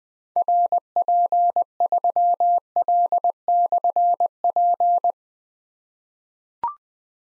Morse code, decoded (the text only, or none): RP3L/P